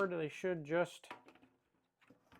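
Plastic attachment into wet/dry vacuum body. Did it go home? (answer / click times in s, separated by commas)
no / none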